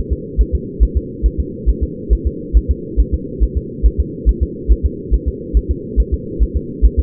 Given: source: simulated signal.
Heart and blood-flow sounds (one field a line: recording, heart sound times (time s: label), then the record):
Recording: fetal heart sounds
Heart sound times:
0.13 s: S2
0.41 s: S1
0.55 s: S2
0.83 s: S1
0.97 s: S2
1.26 s: S1
1.40 s: S2
1.69 s: S1
1.83 s: S2
2.13 s: S1
2.27 s: S2
2.57 s: S1
2.71 s: S2
3.00 s: S1
3.14 s: S2
3.43 s: S1
3.57 s: S2
3.86 s: S1
4.00 s: S2
4.29 s: S1
4.43 s: S2
4.72 s: S1
4.85 s: S2
5.14 s: S1
5.28 s: S2
5.57 s: S1
5.71 s: S2
6.00 s: S1
6.14 s: S2
6.43 s: S1
6.57 s: S2
6.85 s: S1
6.99 s: S2
From the record:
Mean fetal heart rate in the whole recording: 140 bpm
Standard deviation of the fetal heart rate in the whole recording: 2 bpm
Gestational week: 34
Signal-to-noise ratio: -4.1 dB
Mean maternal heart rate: no maternal heart sound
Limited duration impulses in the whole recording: absent